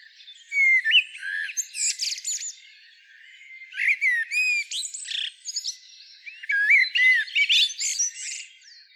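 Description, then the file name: Common blackbird: high, squeaky twitters and curved whistled notes in three uneven bursts separated by short pauses. "Turdus merula"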